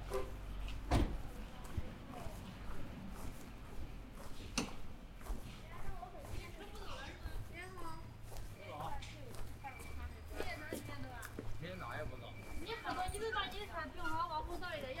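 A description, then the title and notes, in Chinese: Walking down a hutong alley on the way to eat noodles, with voices talking throughout and a steady low rumble underneath. Sharp knocks and clacks punctuate the scene around the first and fifth seconds, and a faint high tone appears briefly near the end. 去香饵胡同吃小面｜城市声音。下午。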